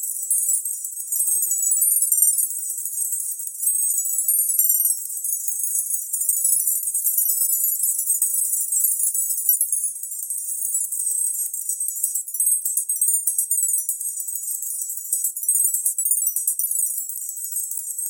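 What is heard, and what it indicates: A steady, very high-pitched, shimmering hiss with a faint tinkling flutter runs for about 18 seconds, with no low or mid sounds at all. It is a generated tinnitus masker, an 8k distractor sound centred near 8 kHz, meant to draw attention away from ear ringing.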